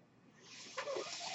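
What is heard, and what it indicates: A soft airy hiss swells over about a second, then a louder rush of air breaks in and holds steady to the end. This is the airflow of a home mechanical ventilator delivering a breath.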